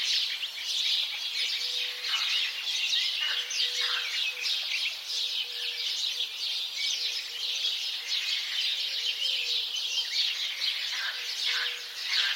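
House sparrow flock chattering, a steady wash of overlapping chirps with occasional louder notes and a faint repeated low tone underneath.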